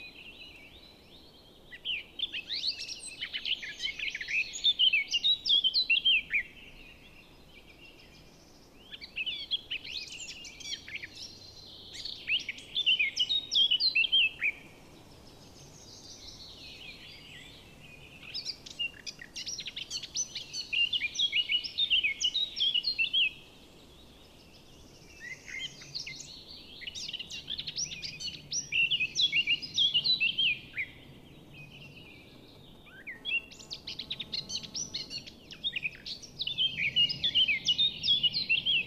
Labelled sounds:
Eurasian Blackcap song

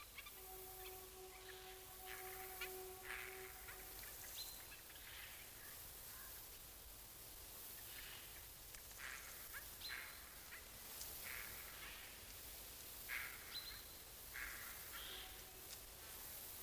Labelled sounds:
Eurasian Jay call

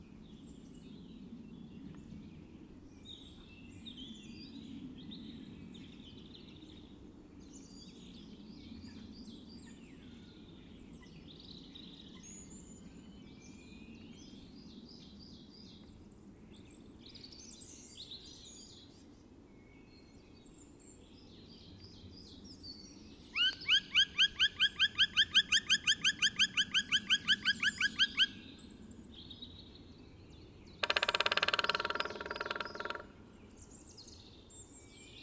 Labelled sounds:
Black Woodpecker call

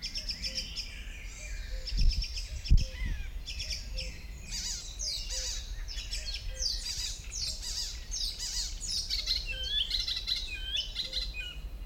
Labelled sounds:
Icterine Warbler

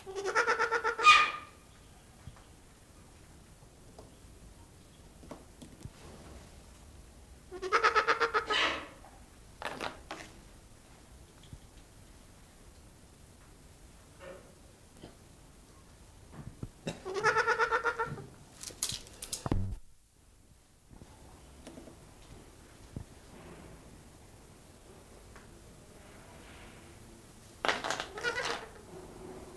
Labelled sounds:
Trumpeter Hornbill

